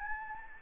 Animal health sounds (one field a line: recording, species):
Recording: mosquito wingbeat signal from an infrared sensor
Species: Anopheles gambiae